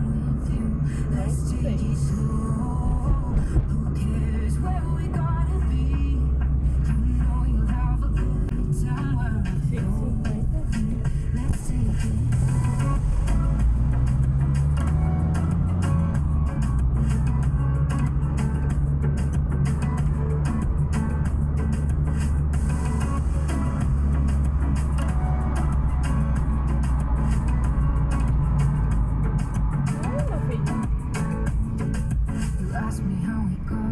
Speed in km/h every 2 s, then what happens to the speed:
43, 45, 45, 37, 24, 13, 14, 21, 31, 41, 48, 46, 42, 39, 30, 20, 12.
0-5 steady at about 45. 5-9 brakes to 13. 11-19 speeds up to 48. 20-34 slows to 12.